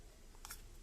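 The hinged plastic lid of a wireless earbud charging case is closed by hand and snaps shut with a sharp click at 0.45 s, followed by a softer second tick at 0.51 s. The lid seats firmly, and the snap is presented as a sign of good build quality.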